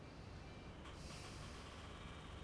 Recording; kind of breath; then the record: one breath in and out by a microphone near the nose and mouth; normal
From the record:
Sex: male